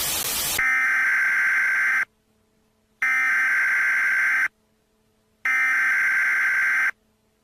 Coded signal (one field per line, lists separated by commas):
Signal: Emergency Alert System (SAME) tones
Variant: header bursts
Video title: Emergency Alert System- Extraterrestrial Activity